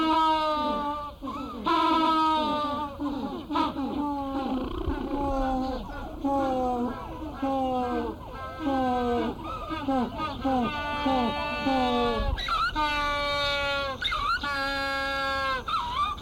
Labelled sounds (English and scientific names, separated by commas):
African Penguin (Spheniscus demersus) call